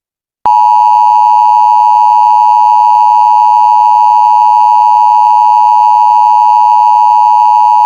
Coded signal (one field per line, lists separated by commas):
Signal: Emergency Alert System (SAME) tones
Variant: 853 and 960 Hz attention tone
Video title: EAS scenario the Cascadia hurricane